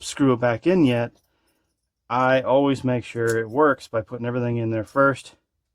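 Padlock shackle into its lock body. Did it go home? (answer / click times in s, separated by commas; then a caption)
no / none. Someone talks while test-fitting a rebuilt Pacific Lock Company Paclock 90a padlock before screwing it together, about to push the shackle into its lock body. Only speech is heard, with a pause of near silence in the middle. Nothing has seated or clicked yet.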